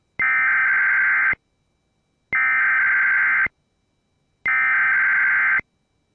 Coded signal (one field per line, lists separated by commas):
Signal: Emergency Alert System (SAME) tones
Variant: header bursts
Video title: Weeklies + One single CAE (EAS 631-643)